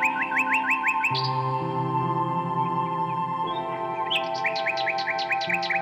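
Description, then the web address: Common nightingale repeating rapid upslurred notes in two runs, the second longer, over layered steady low humming tones. "Circlesandlines recordings. h wialenove - nightingale song"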